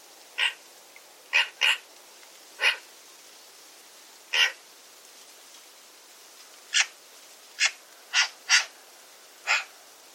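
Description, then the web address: Bird giving brief, clipped call notes, some doubled, spaced irregularly across ten seconds with quiet gaps between them. "cianscape birddata Deverinetal 2025"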